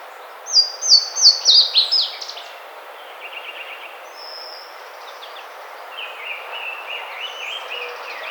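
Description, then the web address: Yellow-rumped warbler song: a quick series of about six bright, downslurred high notes, then softer, lower trilled phrases over steady background hiss. Recorded on 5 May 2009. "Yellow-rumped Warbler 2009 05 05"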